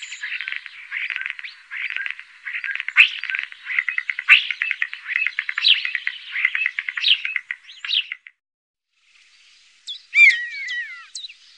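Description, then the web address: Common starling song: a long run of rapid chattering, clicking and rattling notes for about eight seconds, then a pause and a few slurred whistles. "Faglar Sound Stare"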